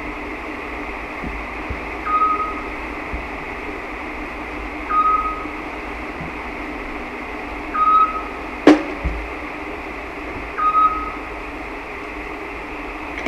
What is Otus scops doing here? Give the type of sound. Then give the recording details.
song. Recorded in the wild. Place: Illmitz, AT. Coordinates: 47.7594, 16.7686. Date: 1972-05-01. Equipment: Uher Report 4200, AKG D190C in Doppel-Parabolreflektor. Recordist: Krey, Winfried. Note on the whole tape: Gesang